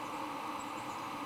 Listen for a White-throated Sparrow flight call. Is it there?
no